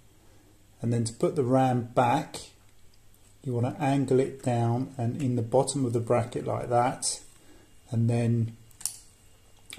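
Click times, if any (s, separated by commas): 8.9 s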